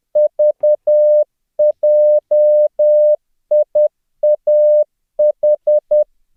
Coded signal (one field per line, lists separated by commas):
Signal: Morse code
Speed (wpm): 10 wpm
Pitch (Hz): 600 Hz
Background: none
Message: VJIAH